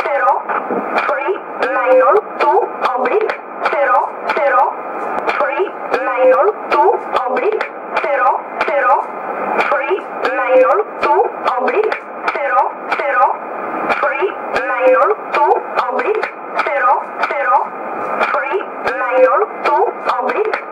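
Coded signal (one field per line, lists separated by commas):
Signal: numbers station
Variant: E11 Oblique, English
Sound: a woman's voice reading short, evenly spaced words over radio static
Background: radio static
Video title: 04 03 2015 Numbers station E11 1707 on 10213 USB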